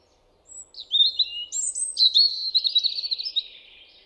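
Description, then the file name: European robin song of clear high whistled notes running into a long, fluttering trill that gradually trails off. "Erithacus rubecula"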